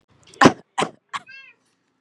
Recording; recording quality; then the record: heavy voluntary cough; moderate, slight background noise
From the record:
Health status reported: exposed to COVID-19, no respiratory illness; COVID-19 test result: negative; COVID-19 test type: RT-PCR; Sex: female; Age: 23 years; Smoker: no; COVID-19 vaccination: both doses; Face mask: worn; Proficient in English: yes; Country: India